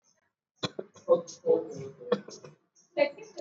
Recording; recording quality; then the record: shallow voluntary cough; moderate, slight background noise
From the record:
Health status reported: exposed to COVID-19, no respiratory illness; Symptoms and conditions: cough, cold, fever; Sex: female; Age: 55 years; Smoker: no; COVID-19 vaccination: both doses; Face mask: worn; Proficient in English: yes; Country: India